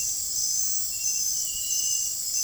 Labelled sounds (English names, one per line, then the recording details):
none
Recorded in dense forest near Puerto Asís, Putumayo, Colombia, on 22 June 2025 at 21:00
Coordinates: 0.503, -76.323
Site G059